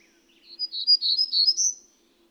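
Bird song: a quick, high run of chirpy, twittering notes lasting a little over a second, with a faint low hum underneath.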